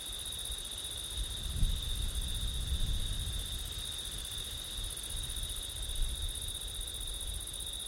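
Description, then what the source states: Crickets trill steadily at a high pitch while gusts of low wind rumble in and out, louder around the second and third seconds. Crickets on a September night with wind; recorded with ortif setup.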